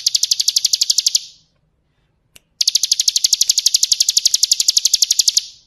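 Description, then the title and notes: Bar-winged Prinia gives a short, rapid, high trill of pulsed notes, pauses, then a longer steady trill of the same rapid notes. Ngebren song style, used as a training recording for White-rumped Shamas (magpie-robins). "Suara burung ciblek - Suara Nada"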